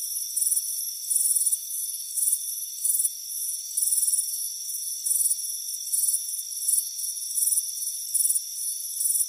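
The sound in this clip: Crickets chirp in clustered high pulses, some longer and louder, roughly every second, over an unbroken shrill insect drone.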